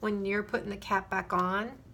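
A plastic cap is handled onto the barrel of an alcohol marker, pushed down to fit tightly, while someone talks over the 1.9-second clip. No distinct snap stands out; the clip ends before the cap goes home, and nothing has seated or clicked yet.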